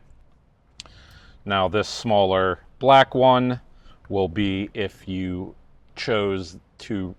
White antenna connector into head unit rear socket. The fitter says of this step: Plug that in. Making sure again we hear that click.